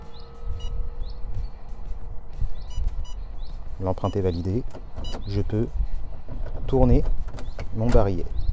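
A We.lock Al.one smart door lock with fingerprint reader and remote is handled: after the fingerprint is validated, the lock cylinder is turned by hand to drive the metal bolt toward its locked position in the door frame, though nothing has seated or clicked yet. Someone talks throughout, with a few brief high-pitched tones and low handling noise, and a sudden sound at 6.5 s.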